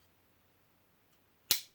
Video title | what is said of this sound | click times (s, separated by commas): Bark River Ringtail & Lon Humphrey Tarpon Custom Kydex Pocket Sheaths | you do actually get a click and excellent retention | 1.5 s